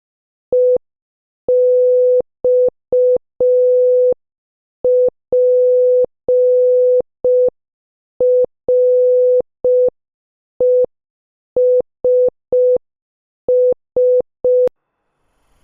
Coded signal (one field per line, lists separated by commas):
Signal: Morse code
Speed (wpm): 5 wpm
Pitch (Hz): 500 Hz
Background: none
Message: EXPRESS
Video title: 13. GUESS THE MOVIE | Morse Code Challenge | Sentence Practice | 5 WPM